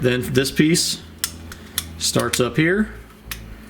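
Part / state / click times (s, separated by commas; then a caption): key fob plastic cover piece into key fob body / seated / 3.3 s. A plastic cover piece of a McLaren key fob, changed because of a dead battery, is started at one end and pressed into the key fob body while someone talks. Several short sharp ticks come through, and the piece clicks into place at 3.3 s.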